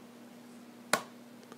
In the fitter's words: it snaps into place and it's pretty tight i mean if i pick up the lid it's not going to come open